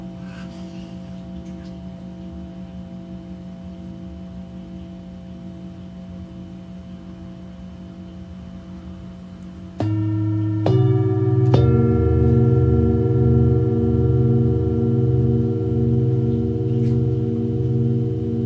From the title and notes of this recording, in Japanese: メキシコから シンギングボウルのサウンドヒーリング ライブ。